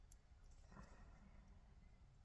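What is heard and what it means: A Mangoal dashcam power plug, being installed in a 2021 C-HR, is handled and pushed toward the included adapter harness connector (plastic housings). A brief faint tick near 0.1 s and a soft handling rustle around 0.8 s sit over a low steady rumble. Nothing has seated or clicked yet.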